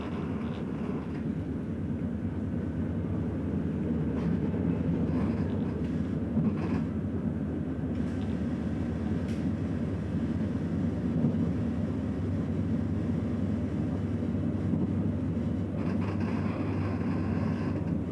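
An S-Bahn train rolls along with a steady, heavy low rumble that barely changes across the whole stretch. A faint, even rhythm runs through the drone, and a few brief clicks and rattles come through now and then, with a slight brighter hiss near the end.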